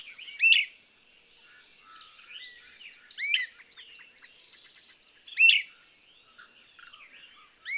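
Bird singing: three loud, sharp chirps a few seconds apart, with quieter twitters and a brief rapid trill between them.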